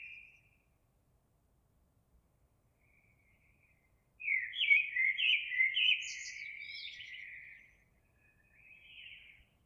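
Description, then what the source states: Eurasian blackbird: quiet opening notes, then a strong warbling phrase with scratchy high twitters, fading into a softer trailing phrase. Recorded 26 April 2022.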